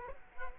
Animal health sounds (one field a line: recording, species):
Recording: mosquito wingbeat signal from an infrared sensor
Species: Culex quinquefasciatus